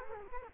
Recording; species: mosquito wingbeat signal from an infrared sensor; Culex quinquefasciatus